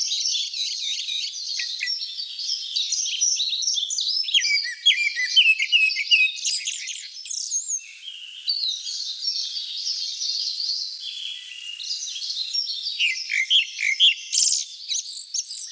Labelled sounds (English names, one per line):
Grey-backed Thrush song